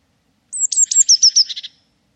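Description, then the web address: Bird giving a very high thin note followed by a rapid series of sharp downslurred notes that drop in pitch and blur into a short buzzy trill. "cianscape birddata Deverinetal 2025 File origin Bird Only"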